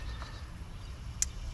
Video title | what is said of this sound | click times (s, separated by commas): 2014 Ford f150. Misfire. Found and fixed. #diy #letsgoteam | Hear it click, pop your tab in, and then bolt it down and it's good to go. | 1.2 s